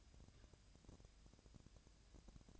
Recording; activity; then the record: daily activity, microphone in the room; take from stove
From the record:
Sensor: 2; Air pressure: 999.8 hPa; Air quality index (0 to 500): 123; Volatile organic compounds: 2 ppm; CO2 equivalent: 1063 ppm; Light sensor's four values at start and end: 34/83/36/40 and 34/83/36/40